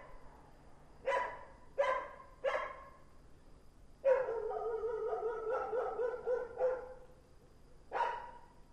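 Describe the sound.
Dog giving three quick barks, then a long wavering howl-like whine, and one final bark.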